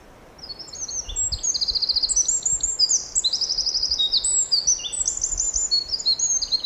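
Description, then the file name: Eurasian wren song, a long vigorous run of high trills and rattling phrases lasting several seconds over a constant low rushing background. "Troglodytes troglodytes"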